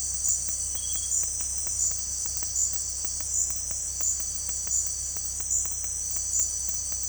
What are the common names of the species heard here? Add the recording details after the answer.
none. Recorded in dense forest near Puerto Asís, Putumayo, Colombia, on 18 February 2024 at 17:30. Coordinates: 0.487, -76.319. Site G6403